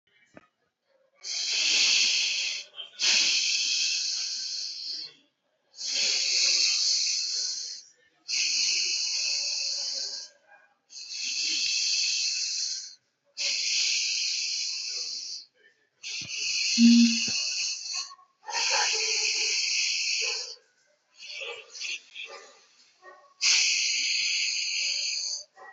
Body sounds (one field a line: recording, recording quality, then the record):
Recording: deep breathing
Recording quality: excellent, no background noise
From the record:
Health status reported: healthy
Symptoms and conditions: none ticked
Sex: male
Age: 30 years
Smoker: not ticked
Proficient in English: yes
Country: India